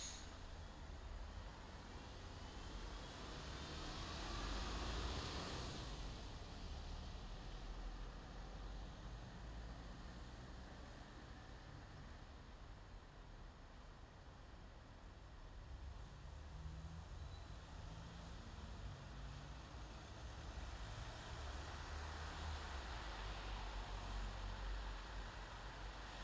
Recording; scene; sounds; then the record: everyday scene through a hearing-aid microphone; in traffic; traffic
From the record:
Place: bus stop on a city main road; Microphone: in the ear canal, left